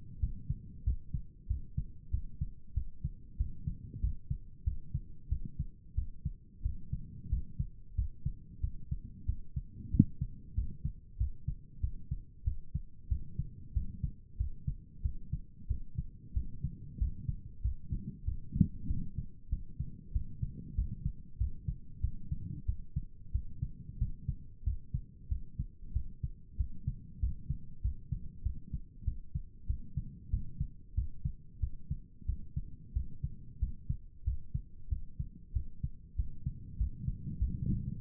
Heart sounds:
heart sounds by stethoscope; 94 bpm
0.19 s: heartbeat
0.83 s: heartbeat
1.47 s: heartbeat
2.10 s: heartbeat
2.73 s: heartbeat
3.36 s: heartbeat
4.00 s: heartbeat
4.63 s: heartbeat
5.28 s: heartbeat
5.94 s: heartbeat
6.62 s: heartbeat
7.29 s: heartbeat
7.94 s: heartbeat
8.60 s: heartbeat
9.25 s: heartbeat
9.90 s: heartbeat
10.54 s: heartbeat
11.17 s: heartbeat
11.80 s: heartbeat
12.43 s: heartbeat
13.08 s: heartbeat
13.72 s: heartbeat
14.36 s: heartbeat
15.01 s: heartbeat
15.67 s: heartbeat
16.33 s: heartbeat
16.97 s: heartbeat
17.61 s: heartbeat
18.24 s: heartbeat
18.86 s: heartbeat
19.49 s: heartbeat
20.12 s: heartbeat
20.74 s: heartbeat
21.37 s: heartbeat
22.00 s: heartbeat
22.65 s: heartbeat
23.31 s: heartbeat
23.97 s: heartbeat
24.63 s: heartbeat
25.28 s: heartbeat
25.92 s: heartbeat
26.56 s: heartbeat
27.19 s: heartbeat
27.81 s: heartbeat
28.42 s: heartbeat
29.04 s: heartbeat
29.66 s: heartbeat
30.29 s: heartbeat
30.94 s: heartbeat
31.59 s: heartbeat
32.25 s: heartbeat
32.92 s: heartbeat
33.58 s: heartbeat
34.23 s: heartbeat
34.88 s: heartbeat
35.52 s: heartbeat
36.15 s: heartbeat
36.77 s: heartbeat
37.38 s: heartbeat
37.98 s: heartbeat
From the record:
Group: healthy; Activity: rest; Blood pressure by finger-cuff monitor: 107/64 mmHg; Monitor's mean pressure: 77 mmHg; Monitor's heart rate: 94 bpm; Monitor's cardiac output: 8.2 L/min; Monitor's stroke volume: 88 mL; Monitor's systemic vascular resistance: 670 dyn s/cm5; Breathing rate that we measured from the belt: 18 breaths a minute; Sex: male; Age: 19 years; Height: 178 cm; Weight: 83 kg

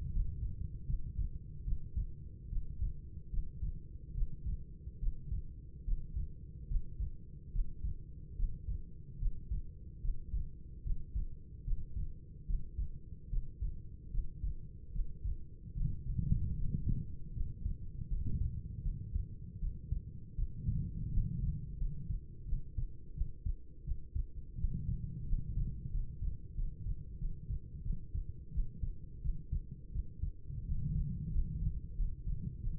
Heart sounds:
heart sounds by stethoscope; 79 bpm
0.10 s: heartbeat
0.85 s: heartbeat
1.63 s: heartbeat
2.48 s: heartbeat
3.29 s: heartbeat
4.13 s: heartbeat
4.98 s: heartbeat
5.83 s: heartbeat
6.67 s: heartbeat
7.51 s: heartbeat
8.35 s: heartbeat
9.18 s: heartbeat
10.00 s: heartbeat
10.82 s: heartbeat
11.63 s: heartbeat
12.45 s: heartbeat
13.28 s: heartbeat
14.10 s: heartbeat
14.91 s: heartbeat
15.73 s: heartbeat
16.53 s: heartbeat
17.31 s: heartbeat
18.07 s: heartbeat
18.81 s: heartbeat
19.58 s: heartbeat
20.34 s: heartbeat
21.09 s: heartbeat
21.77 s: heartbeat
22.44 s: heartbeat
23.13 s: heartbeat
23.83 s: heartbeat
24.56 s: heartbeat
25.24 s: heartbeat
25.90 s: heartbeat
26.54 s: heartbeat
27.17 s: heartbeat
27.82 s: heartbeat
28.51 s: heartbeat
29.20 s: heartbeat
29.91 s: heartbeat
30.63 s: heartbeat
31.30 s: heartbeat
31.95 s: heartbeat
32.59 s: heartbeat
From the record:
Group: healthy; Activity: Valsalva maneuver 0-16 s, rest 16-33 s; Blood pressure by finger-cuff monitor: 104/57 mmHg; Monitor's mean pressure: 72 mmHg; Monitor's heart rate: 80 bpm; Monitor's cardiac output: 6.3 L/min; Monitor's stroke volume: 84 mL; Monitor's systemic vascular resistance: 810 dyn s/cm5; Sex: female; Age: 26 years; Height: 165 cm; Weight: 55 kg

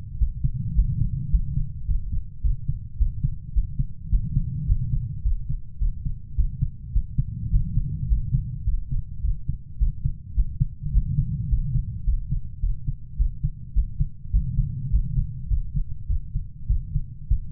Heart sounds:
heart sounds by stethoscope; 105 bpm
0.21 s: heartbeat
0.77 s: heartbeat
1.33 s: heartbeat
1.88 s: heartbeat
2.44 s: heartbeat
3.00 s: heartbeat
3.56 s: heartbeat
4.12 s: heartbeat
4.69 s: heartbeat
5.25 s: heartbeat
5.81 s: heartbeat
6.38 s: heartbeat
6.95 s: heartbeat
7.53 s: heartbeat
8.10 s: heartbeat
8.67 s: heartbeat
9.24 s: heartbeat
9.81 s: heartbeat
10.37 s: heartbeat
10.94 s: heartbeat
11.51 s: heartbeat
12.07 s: heartbeat
12.63 s: heartbeat
13.19 s: heartbeat
13.76 s: heartbeat
14.34 s: heartbeat
14.92 s: heartbeat
15.51 s: heartbeat
16.09 s: heartbeat
16.70 s: heartbeat
17.31 s: heartbeat
From the record:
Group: healthy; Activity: rest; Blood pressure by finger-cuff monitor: 175/77 mmHg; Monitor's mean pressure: 103 mmHg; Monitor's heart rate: 106 bpm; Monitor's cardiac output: 9.7 L/min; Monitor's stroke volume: 91 mL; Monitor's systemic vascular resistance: 760 dyn s/cm5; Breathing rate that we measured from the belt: 17 breaths a minute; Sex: male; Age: 21 years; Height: 175 cm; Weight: 72.6 kg

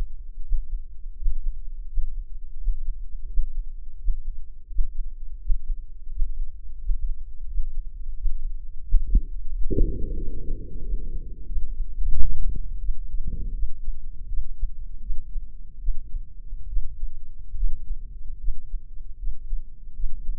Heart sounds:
heart sounds by microphone in the left ear; 83 bpm
0.41 s: heartbeat
1.15 s: heartbeat
1.86 s: heartbeat
2.57 s: heartbeat
3.26 s: heartbeat
3.97 s: heartbeat
4.68 s: heartbeat
5.39 s: heartbeat
6.09 s: heartbeat
6.78 s: heartbeat
7.47 s: heartbeat
8.14 s: heartbeat
8.82 s: heartbeat
9.49 s: heartbeat
10.16 s: heartbeat
10.83 s: heartbeat
11.47 s: heartbeat
12.12 s: heartbeat
12.80 s: heartbeat
13.54 s: heartbeat
14.29 s: heartbeat
15.01 s: heartbeat
15.80 s: heartbeat
16.68 s: heartbeat
17.56 s: heartbeat
18.39 s: heartbeat
19.18 s: heartbeat
19.95 s: heartbeat
From the record:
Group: healthy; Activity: Valsalva maneuver 0-11 s, rest 11-20 s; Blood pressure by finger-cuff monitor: 92/68 mmHg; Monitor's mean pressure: 80 mmHg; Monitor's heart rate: 82 bpm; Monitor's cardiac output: 7.1 L/min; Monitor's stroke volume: 81 mL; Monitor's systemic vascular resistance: 820 dyn s/cm5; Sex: male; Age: 57 years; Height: 188 cm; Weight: 106 kg

